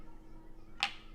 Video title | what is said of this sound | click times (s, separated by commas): Truefree O1 Truly Wireless Earbuds Unboxing - First Look | snap into place just like that with a magnet | 0.8 s